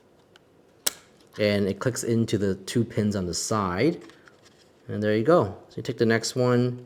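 A SO-DIMM RAM module, inserted at a 45° angle with its notch lined up, is pushed down into the memory slot of a Beelink U59 mini PC until the metal side retention clips snap over it. A sharp click at 0.9 s marks the module seating, followed by someone talking.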